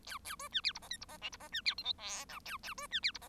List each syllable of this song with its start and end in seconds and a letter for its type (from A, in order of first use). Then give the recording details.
0.06-0.18 A, 0.24-0.36 A, 0.39-0.48 B, 0.52-0.61 C, 0.63-0.72 D, 0.74-0.79 E, 0.81-0.88 F, 0.90-0.97 G, 1.00-1.05 E, 1.08-1.18 F, 1.21-1.29 H, 1.32-1.37 E, 1.40-1.48 F, 1.52-1.61 C, 1.65-1.74 D, 1.77-1.83 I, 1.83-1.93 J, 1.98-2.25 K, 2.28-2.39 L, 2.45-2.57 A, 2.63-2.74 A, 2.77-2.87 B, 2.90-3.00 C, 3.02-3.12 D, 3.14-3.18 E, 3.21-3.28 F. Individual Bird1